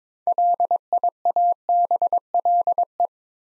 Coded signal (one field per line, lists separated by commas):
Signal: Morse code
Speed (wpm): 22 wpm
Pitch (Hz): 700 Hz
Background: none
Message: LIABLE